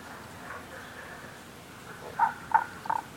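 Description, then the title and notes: Tago's brown frog calling three short pulsed notes about a third of a second apart near the end, over a soft background hiss. Rana tagoi tagoi, recorded in Kasugayama primeval forest, Nara, Japan, on 21 May 2017. "170521Rana tagoi tagoi in Kasugayama primeval forest"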